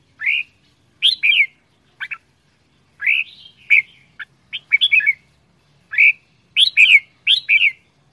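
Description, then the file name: Red-whiskered bulbul song: clear, rich whistled phrases of two or three slurred notes, delivered in bursts with clean silences between. Quảng Ngãi, Vietnam; frantic 'chẻ dạo giọng' singing style. "tieng chao mao quang ngai che dao giong dien cuong"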